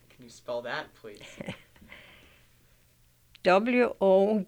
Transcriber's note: she laughs